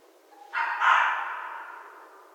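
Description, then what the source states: Red fox letting out a loud, rough double bark, the second note stronger, trailing away over faint hiss. Recorded 11 January 2012.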